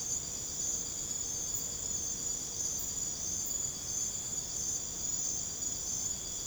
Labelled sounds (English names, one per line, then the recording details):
none
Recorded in secondary vegetation near Puerto Asís, Putumayo, Colombia, on 26 December 2024 at 01:30
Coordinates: 0.489, -76.322
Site G059